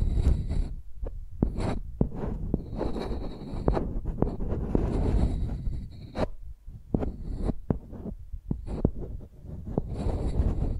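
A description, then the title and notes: Microphones are used like pencils, rubbed and dragged across a surface in a dense, scratchy, low rumbling scrawl. Sharp taps and clicks land irregularly every second or so, and thin high whistling tones come and go on top, with a brief lull around six seconds. Using Mics as Pencils (No Talking).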